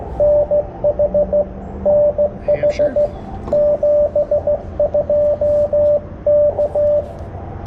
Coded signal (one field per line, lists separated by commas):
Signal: Morse code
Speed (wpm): 18 wpm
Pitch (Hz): 590 Hz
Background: radio noise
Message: NH NH 72 K